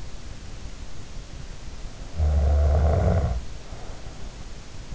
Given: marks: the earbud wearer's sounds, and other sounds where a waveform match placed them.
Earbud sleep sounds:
sounds in sleep by an in-ear microphone; snoring breath
2.19-4.32 s: snoring breath

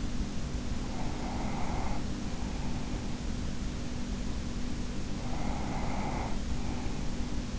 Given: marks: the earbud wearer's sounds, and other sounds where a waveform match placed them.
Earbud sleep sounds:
sounds in sleep by an in-ear microphone; breath
0.55-3.01 s: breath
4.98-7.59 s: breath

